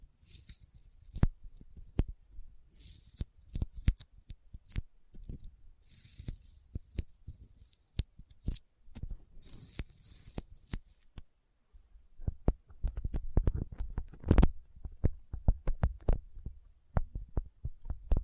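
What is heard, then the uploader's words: Sticky finger sounds: fingers pressing and pulling apart, making sharp clicks and tacky pops that come irregularly, sometimes in quick bursts. Through the first ten seconds a hissy peeling texture runs under the clicks; later the pops grow denser over a low thumping rumble. ASMR Intense Sticky Finger Sounds (No Talking).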